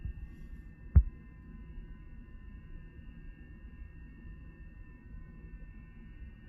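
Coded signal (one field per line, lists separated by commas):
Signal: FT8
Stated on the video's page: FT8 sent and received by an Android app, with rig control and audio over a USB cable.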